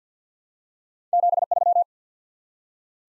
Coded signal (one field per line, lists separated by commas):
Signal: Morse code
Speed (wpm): 50 wpm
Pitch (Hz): 700 Hz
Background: none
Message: 73